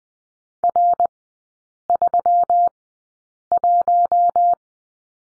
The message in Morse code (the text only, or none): R31